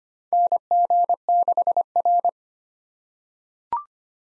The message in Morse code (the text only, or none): NG6R